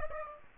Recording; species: mosquito wingbeat signal from an infrared sensor; Aedes aegypti